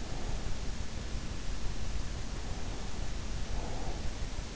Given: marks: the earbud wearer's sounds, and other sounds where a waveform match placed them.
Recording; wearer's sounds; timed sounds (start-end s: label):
sounds in sleep by an in-ear microphone; breath
3.10-4.50 s: breath